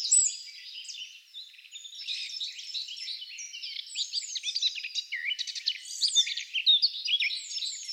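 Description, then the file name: Eurasian wren song: a rapid, nearly continuous jumble of high, sharp trills, rattles and twittering notes. "Troglodytes troglodytes"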